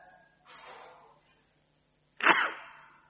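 A sneeze: a soft, breathy rush of air, a short pause, then a sudden sharp burst that fades out quickly. No one speaks.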